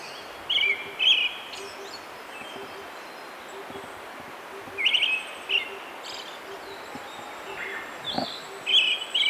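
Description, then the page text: Brown-headed thrush calling in several short, harsh chirping bursts at irregular intervals, accompanied by faint high whistles and a soft low rhythmic pulsing. "Золотистый дрозд (Turdus chrysolaus)"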